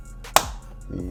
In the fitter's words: heard that snapping and we're gonna do this one go ahead and put